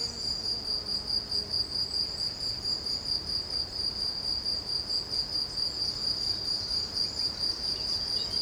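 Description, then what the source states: Cricket chirping, a high, steady pulsed trill without pause, with a faint background hiss. Field recording in Bellegarde-Sainte-Marie, Haute-Garonne, Occitanie, France; recorded on a Zoom H6 with Triton FetHead and LOM BasicUcho microphones.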